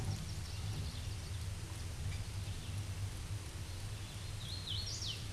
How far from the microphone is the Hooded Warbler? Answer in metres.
about 50 m